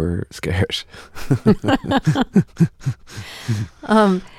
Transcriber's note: laughter